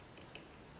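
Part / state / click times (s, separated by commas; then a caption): CPU cooler retention clamp lever on the motherboard socket bracket / not seated / none. With the stock CPU cooler's retention clamp hooked onto the motherboard socket bracket on both sides, the metal cam lever is handled as it starts to be pulled back over. Only quiet handling noise is heard, with one brief faint tick at about 0.4 s. Nothing has seated or clicked yet; the clamp is not yet locked home.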